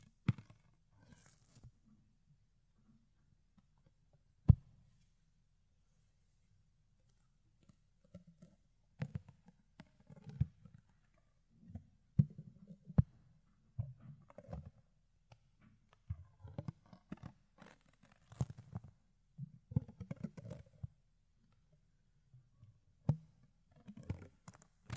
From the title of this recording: Fluffy Ear Cleaning, Ear Picking